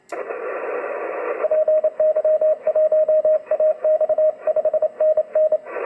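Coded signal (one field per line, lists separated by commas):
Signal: Morse code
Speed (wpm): 28 wpm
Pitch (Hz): 620 Hz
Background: radio noise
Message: PY1AX 5NN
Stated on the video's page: DX CW station heard on 30 metres.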